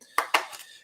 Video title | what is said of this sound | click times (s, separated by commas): Escort Redline 360c Unboxing Livestream | cool so that locks into place | 0.2 s, 0.3 s